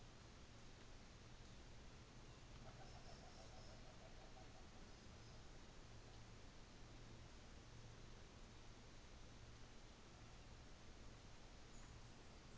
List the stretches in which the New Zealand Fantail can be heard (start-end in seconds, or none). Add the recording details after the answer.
11.40-12.58. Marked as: faintness 4/5. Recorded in New Zealand on 24 December 2018. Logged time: 13:40